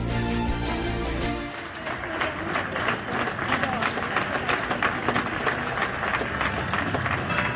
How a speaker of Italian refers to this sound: Queste che state sentendo sono gli applausi e le campane del quartiere di Milano dove è tornata oggi Silvia Romano dopo la liberazione, dopo un anno e mezzo